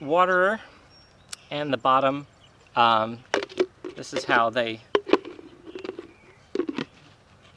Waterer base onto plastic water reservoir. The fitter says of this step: they just nicely lock into place